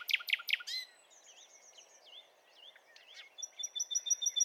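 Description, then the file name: Common nightingale delivering three or four loud, hard notes, then soft sliding whistles and chirps, ending with a thin high note repeated rapidly in a steady series. "Luscinia megarhynchos"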